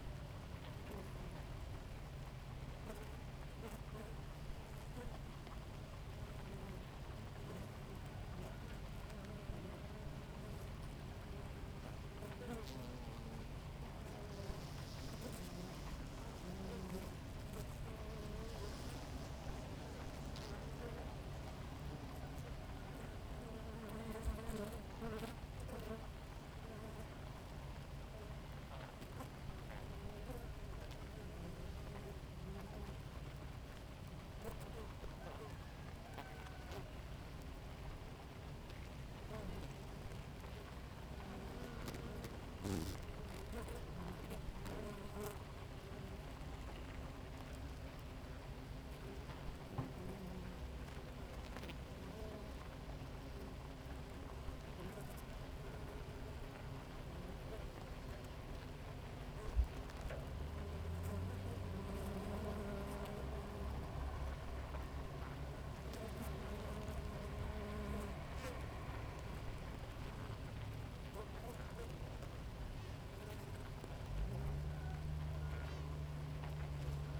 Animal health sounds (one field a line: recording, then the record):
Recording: honeybee colony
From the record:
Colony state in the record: active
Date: 28 July 2017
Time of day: 4:58